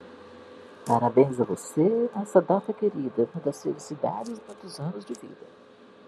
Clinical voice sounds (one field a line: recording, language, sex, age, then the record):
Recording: short text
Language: Brazilian Portuguese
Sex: female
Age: 50 to 59 years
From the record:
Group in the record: control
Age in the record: 58 years